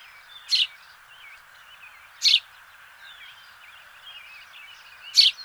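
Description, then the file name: House sparrow: three loud, rasping chirps well spaced apart, with soft twittering notes in between and a steady hiss behind. "Passer domesticus"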